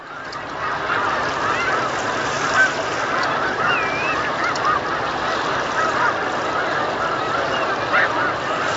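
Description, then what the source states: Snow Goose: snow geese honking in a large flock, a busy chorus of nasal calls with a few clearer individual yelps standing out. Snow geese calling on Lake Champlain, November 2018.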